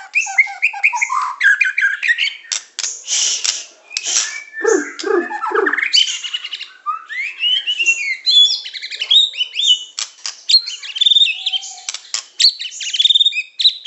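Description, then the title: Oriental magpie-robin singing a long, busy medley of sharp chips, slurred whistles and scratchy notes, with brief low buzzy phrases around the middle. "Kicau Kacer"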